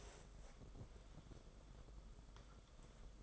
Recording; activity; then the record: daily activity, microphone in the room; take from stove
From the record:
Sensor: 5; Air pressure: 994.5 hPa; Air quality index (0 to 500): 190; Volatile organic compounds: 1000 ppm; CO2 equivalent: 5602 ppm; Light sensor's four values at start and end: 44/131/52/57 and 44/134/53/58